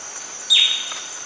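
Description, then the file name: Bird giving a single sharp call that sweeps quickly downward from high to lower pitch, over a steady thin high whine. "SABIOD 50 bird 2015"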